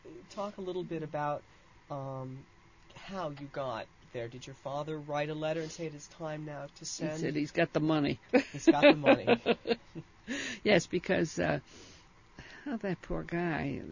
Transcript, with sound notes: Talk a little bit about how you got there. Did your father write a letter and say, "It's time now to send.. ."
He said he's got the money. ( she laughs )
He's got the money.
Yes, because, oh, that poor guy.